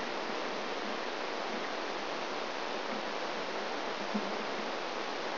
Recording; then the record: brain microelectrode recording played as sound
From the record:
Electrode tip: outside the subthalamic nucleus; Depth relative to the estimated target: 4 mm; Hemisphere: left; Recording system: AlphaMap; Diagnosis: Parkinson's disease